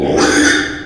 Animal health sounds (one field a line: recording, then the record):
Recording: squeal of a Yucatan mini pig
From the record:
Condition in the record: after surgery on the right vocal fold (resection and tissue-engineered implant)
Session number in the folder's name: 3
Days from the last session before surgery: 33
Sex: male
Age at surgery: 12 weeks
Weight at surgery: 13 kg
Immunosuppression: cyclosporine, prednisolone